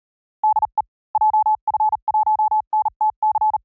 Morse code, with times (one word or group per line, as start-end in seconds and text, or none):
0.4-0.8 DE
1.1-3.6 JF1NTC